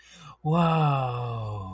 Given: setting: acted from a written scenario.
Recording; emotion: vocal sound without words; serenity